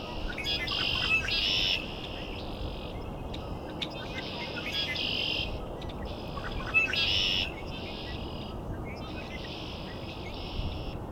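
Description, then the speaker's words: Red-winged Blackbird songs: several buzzy, rasping trills repeated every few seconds over constant low noise. Male, one of many males at Cootes Paradise in mid-March, early spring, recorded close-up. "Also lots of male red-winged blackbirds, as you can hear. Got a really close-up one here."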